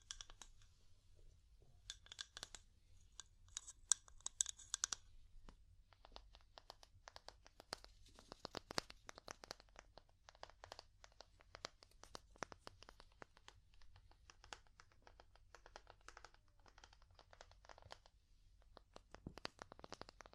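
Wood being tapped in quick, uneven clicks that run through the whole stretch, sharp and dry, with a denser, brighter flurry between about two and five seconds. A steady low hum sits underneath the taps throughout.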